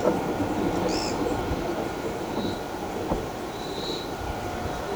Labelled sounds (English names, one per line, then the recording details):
Pale-eyed Pygmy Tyrant
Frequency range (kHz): Pale-eyed Pygmy Tyrant 1.9-8.5 kHz
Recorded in shrubland near Pivijay, Magdalena, Colombia, on 13 April 2023 at 15:30
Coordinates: 10.453, -74.365
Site P5-G022